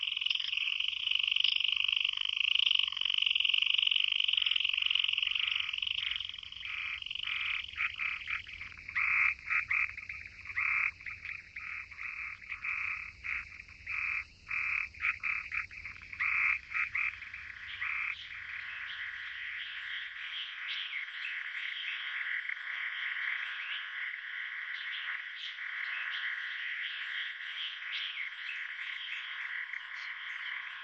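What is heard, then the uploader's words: Frogs call in a dense, continuous bright chorus, rapid pulsing croaks through the middle, with a low rumble fading out around twenty seconds. Frog.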